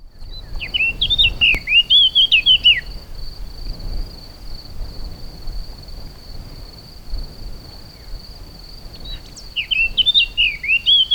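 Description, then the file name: Eurasian blackcap song: two quick warbling phrases of scratchy, twisting notes, one at the start and one near the end, over a steady high insect whine. "Sylvia atricapilla"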